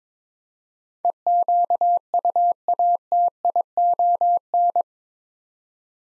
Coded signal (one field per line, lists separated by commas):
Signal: Morse code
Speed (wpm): 21 wpm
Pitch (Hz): 700 Hz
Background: none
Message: EQUATION